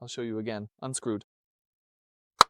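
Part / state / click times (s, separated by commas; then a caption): engine oil filler cap on the engine filler neck / torque reached / 2.4 s. Someone talks, then after a pause a single sharp click is heard at 2.4 s as the engine oil filler cap on a Mercedes-Benz Vito, unscrewed and turned slowly back onto the engine filler neck, clicks closed on the second demonstration. The click shows the cap is fully closed.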